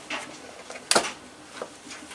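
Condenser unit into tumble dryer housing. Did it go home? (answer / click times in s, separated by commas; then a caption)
yes / 0.9 s. A cleaned plastic condenser (heat exchanger) unit, with its label pointing upwards, is pushed fully back into the housing of a White Knight tumble dryer. After a softer bump at about 0.1 s, it latches home with one sharp, loud click at 0.9 s. The unit is seated in place.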